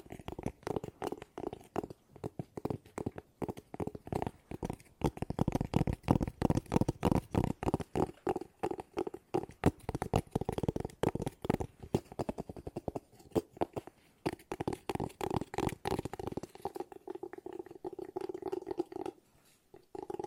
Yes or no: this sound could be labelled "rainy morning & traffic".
no